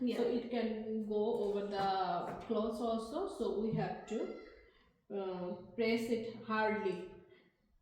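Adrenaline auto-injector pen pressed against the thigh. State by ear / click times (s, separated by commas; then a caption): not seated / none. An adrenaline auto-injector, its safety cap removed, is handled and pressed firmly against the thigh over clothing during first-aid training while someone talks. The injector has not clicked yet; nothing has seated by the end of the clip.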